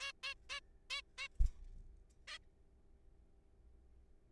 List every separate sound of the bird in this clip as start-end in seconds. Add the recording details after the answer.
0.01-0.12, 0.23-0.34, 0.50-0.60, 0.90-1.01, 1.18-1.28, 2.28-2.38. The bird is a juvenile. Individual R3428